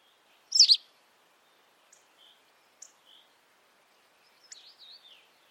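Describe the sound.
Bird calls: one loud sharp high chirp, then faint short notes and a burst of twittering, wavering high notes near the end, in otherwise quiet surroundings.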